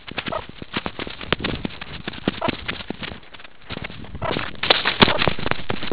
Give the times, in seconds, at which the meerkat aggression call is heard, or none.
none